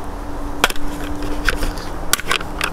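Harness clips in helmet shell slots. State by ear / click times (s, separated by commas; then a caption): released / 0.6 s, 2.1 s. The plastic harness clips of a helmet's harness adjustment system are pulled out of their mounting slots in the helmet shell, giving sharp snapping clicks at 0.6 s and 2.1 s. Fainter clicks follow between them and afterward over a low steady hum. The harness is released from the shell.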